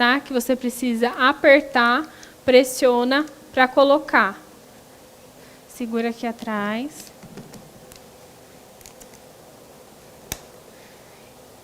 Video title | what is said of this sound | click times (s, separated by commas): Treinamento Beauty Shape Duo | E aí ele vai fazer um clique tá isso significa que ele conectou mesma | 10.3 s